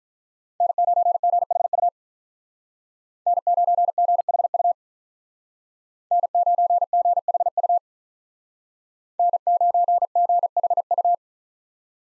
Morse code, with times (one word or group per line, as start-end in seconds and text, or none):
0.6-1.9 N9GHU
3.3-4.7 N9GHU
6.1-7.8 N9GHU
9.2-11.1 N9GHU